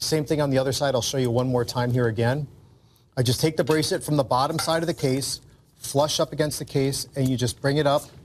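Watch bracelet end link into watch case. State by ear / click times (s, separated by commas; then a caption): not seated / none. Someone talks while setting the end link of a watch bracelet flush against the underside of an Invicta Power Play watch case and beginning to swing it up toward the case. The clip ends before the bracelet locks into place, and nothing has seated or clicked yet.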